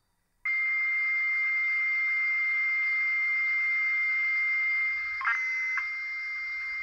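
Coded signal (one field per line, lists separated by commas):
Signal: computer data on cassette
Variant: Sharp organizer cassette format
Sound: continuous steady high tone over buzzing data hiss, with a brief disturbance near the end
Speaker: so this some sort of header there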